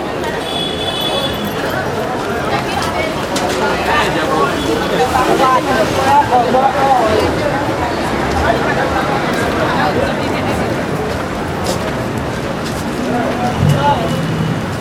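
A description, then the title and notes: A busy bus station with dense overlapping chatter, a steady low engine rumble underneath, and occasional clatter and bright clicks throughout. Bus Station.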